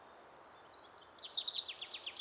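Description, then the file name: Eurasian wren: shrill, rapid high-pitched warbling with fast trilled notes that continues steadily after a brief silent start. "Troglodytes troglodytes"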